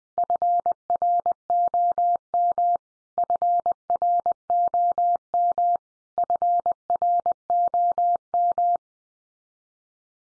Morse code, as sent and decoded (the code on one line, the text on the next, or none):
..-. .-. --- -- / ..-. .-. --- -- / ..-. .-. --- --
FROM FROM FROM